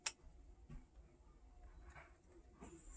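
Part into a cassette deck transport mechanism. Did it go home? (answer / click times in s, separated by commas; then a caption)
no / none. A part is pressed into the transport mechanism of a Sony TC-WR635S cassette deck, which is getting new belts, on a second attempt. A brief sharp tick near the start gives way to faint handling and rustling. Nothing has seated or clicked yet, and the part again fails to seat.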